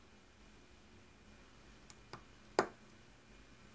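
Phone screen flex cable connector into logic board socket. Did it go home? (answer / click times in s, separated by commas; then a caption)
yes / 2.6 s. The last screen flex cable connector of an iPhone 5s is pressed home into its logic board socket after a struggle to find exactly where it should clip in. Two faint ticks at 1.9 and 2.1 seconds come before a sharp, louder click at 2.6 seconds, against quiet background hiss. The connector is seated.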